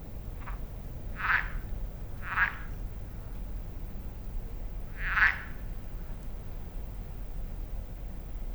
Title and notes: Lac de Barterand - Magnieu, France - Échos batraciens. Toujours commune la grenouille. Mais pas si banale cette situation d'écoute ! Avec ce bel écho qui révèle les collines environant le lac. Marc Namblard. Stéphane Marin